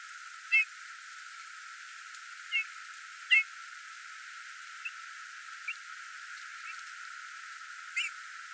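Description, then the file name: Eurasian bullfinch uttering three soft, downslurred piping whistles, the last two close together, followed by several fainter, briefer notes and a last call near the end. "Pyrrhula pyrrhula"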